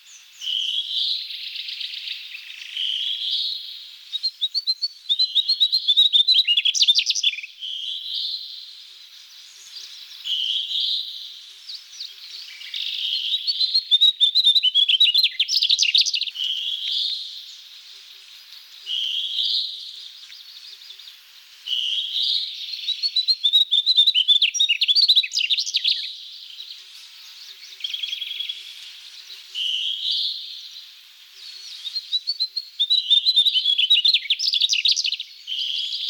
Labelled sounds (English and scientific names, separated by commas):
Mugimaki Flycatcher (Ficedula mugimaki) song